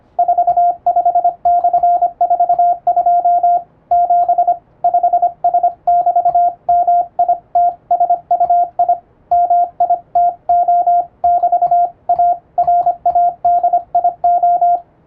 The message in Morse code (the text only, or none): 45/42 7 5S<BT>MITSUI MITO<BT>A RADIO